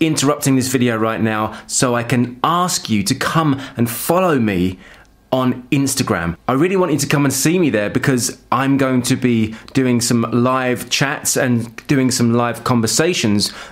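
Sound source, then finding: Adult male speaker. Typical speech.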